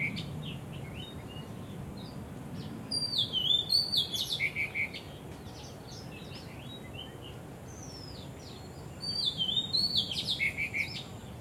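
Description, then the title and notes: Bird song comes in two bright bursts of quick, high chirps and whistles, each with a short rapid trill, with fainter scattered chirps in between. Birds singing vigorously at Wu Kai Sha, Hong Kong, on 15 December 2006, recorded with condenser microphones in XY stereo. "香港 烏溪沙 雀鳥勁唱歌 Date: 15 December 2006"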